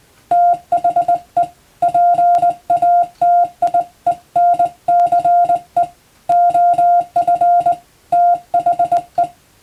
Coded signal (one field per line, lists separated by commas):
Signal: Morse code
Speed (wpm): 21 wpm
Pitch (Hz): 700 Hz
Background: music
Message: THE PATIENCE OF THE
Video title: スマホがありながらなぜモールスなのか？自分で信号を操れる匠の技を覚えてみませんか？通信技術の原点！アマチュア無線の受信練習にも(morse code practice radio operator )